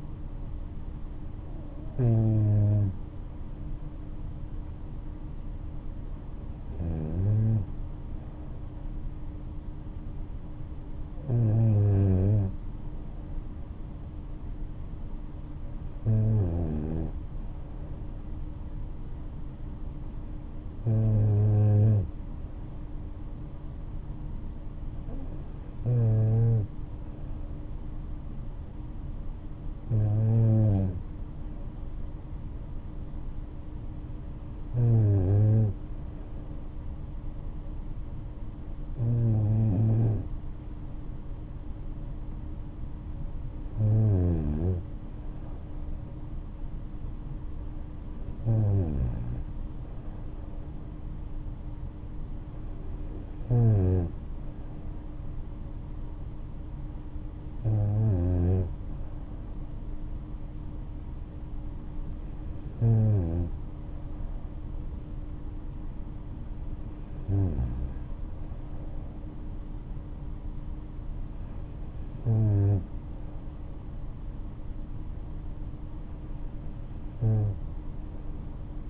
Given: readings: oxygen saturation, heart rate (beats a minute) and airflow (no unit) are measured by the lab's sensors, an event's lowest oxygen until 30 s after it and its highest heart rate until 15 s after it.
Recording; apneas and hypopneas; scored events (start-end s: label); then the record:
breathing in sleep by a smartphone at the bedside; none
74.00-78.90 s: new sleep stage, N2 (light sleep)
From the record:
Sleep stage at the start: N3 (deep sleep); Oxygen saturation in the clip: 94 to 95%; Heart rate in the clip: 59 to 71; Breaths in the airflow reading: 17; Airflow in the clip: -5.9 to 6.4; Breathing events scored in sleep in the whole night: 228 in 5.4 hours asleep